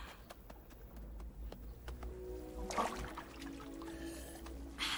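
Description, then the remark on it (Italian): Water rushes steadily over a low, constant rumble, with scattered sharp clicks and a brief louder surge partway through, followed by a faint tonal hum. “Acqua!”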